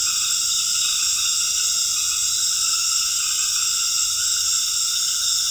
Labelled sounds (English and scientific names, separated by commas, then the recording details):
none
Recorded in dense forest near Puerto Asís, Putumayo, Colombia, on 13 March 2025 at 19:00
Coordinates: 0.484, -76.325
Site G045